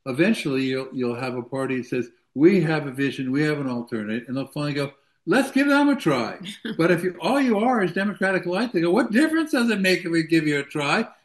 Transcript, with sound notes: Eventually, you'll, you'll have a party that says, "We have a vision.
We have an alternate," and they'll finally go, "Let's give them a try."
(laughs)
But if you, all you are is Democratic-lite, they go, "What difference does it make that we give you a try?